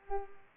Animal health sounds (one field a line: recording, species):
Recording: mosquito wingbeat signal from an infrared sensor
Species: Culex pipiens